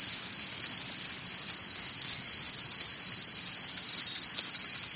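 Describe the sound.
Cricket chirping: a steady, high trill runs unbroken throughout, with strong hiss.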